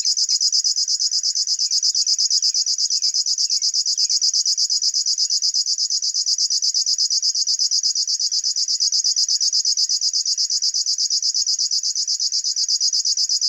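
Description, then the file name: River warbler reeling song, a rhythmic high buzzing that never breaks. "Schlagschwirl - Locustella fluviatilis"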